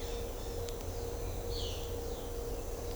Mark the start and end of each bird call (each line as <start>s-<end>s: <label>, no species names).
1.47s-1.90s: bird call